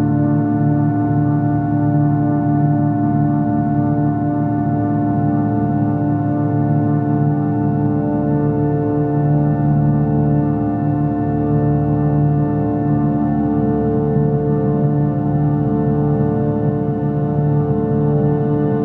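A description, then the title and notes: Chakra-style tones hum steadily throughout, a dense low drone of layered sustained pitches with a faint shimmer above and no breaks. Chakra friendly tones and vibrations.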